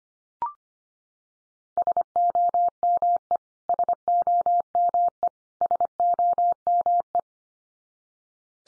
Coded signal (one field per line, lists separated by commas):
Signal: Morse code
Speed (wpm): 25 wpm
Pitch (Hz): 700 Hz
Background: none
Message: SOME SOME SOME